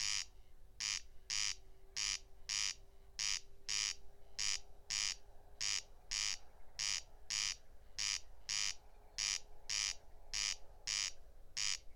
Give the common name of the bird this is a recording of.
Corn Crake